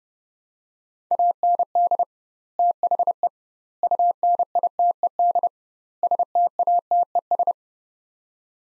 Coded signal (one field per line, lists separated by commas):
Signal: Morse code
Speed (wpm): 32 wpm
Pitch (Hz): 700 Hz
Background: none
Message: AND THE UNITED STATES